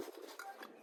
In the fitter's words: push this lever in and that will just snap into place